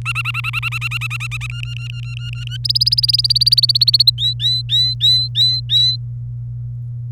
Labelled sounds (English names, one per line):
Domestic Canary song